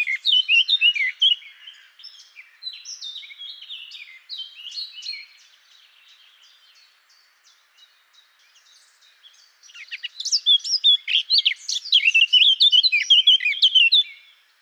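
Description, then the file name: Eurasian blackcap singing a fast, varied warble, fading to soft scratchy notes midway, then bursting into a loud, rich fluting phrase again near the end. "Sylvia atricapilla"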